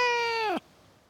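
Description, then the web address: Cat making a single short, clear meow on a steady pitch that bends downward sharply as it ends, followed by quiet. Cats in a suburban garden. "Cats In A Suburban Garden. The BBC Sound Effects Library"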